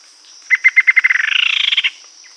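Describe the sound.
Bird trill: loud pulses that quicken into a rapid buzzy flourish that rises and falls, over a constant high-pitched hiss.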